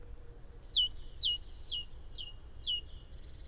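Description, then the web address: Great tit singing a quick see-saw of high and falling notes against soft background noise. "SETE Parus major"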